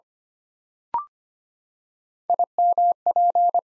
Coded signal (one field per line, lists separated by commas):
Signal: Morse code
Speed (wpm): 25 wpm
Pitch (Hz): 700 Hz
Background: none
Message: IMP